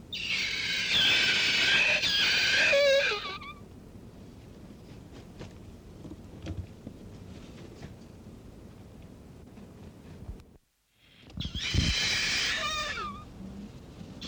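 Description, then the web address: Kakapo uttering a long, rough, squawking call that breaks into descending wavering notes, then a second raspy burst after a long quiet gap. "bird-song kakapo"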